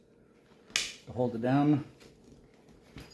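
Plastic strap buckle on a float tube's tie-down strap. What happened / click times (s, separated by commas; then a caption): The strap buckle snapped shut / 0.8 s. A plastic strap buckle on one of the two tie-down straps that hold the bars of a Thunderbay float tube in place snaps shut with a single sharp click at 0.8 s. Someone talks right after, and a faint tap follows near the end.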